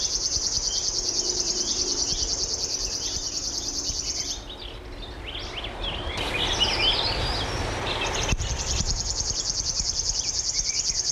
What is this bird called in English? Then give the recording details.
River Warbler. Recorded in the wild. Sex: male. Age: adult. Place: Karower Fischteiche, Berlin, DE. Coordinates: 52.6383, 13.465. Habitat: pond. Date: 1980-06-01 10:15. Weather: sunny, 13-15 °C, gusty winds. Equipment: Uher CR 210, Sennheiser MD 421 HL, Verstärker, Kopie Uher 4200. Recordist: Tembrock, Günter. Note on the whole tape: Weiden am alten großen Teich; Gesang